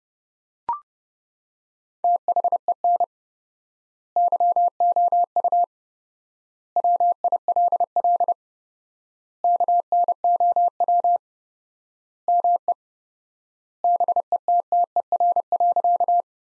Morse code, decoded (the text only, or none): THEN YOU WILL KNOW ME BETTER.